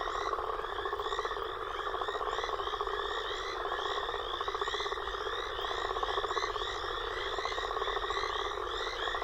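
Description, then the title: Frogs and toads: dense frog and toad chorus with prominent rising chirps repeated rapidly above a continuous pulsing trill. Frog and toad chorus recorded after a storm. "Frog And Toad Chorus Post Storm With Thunder"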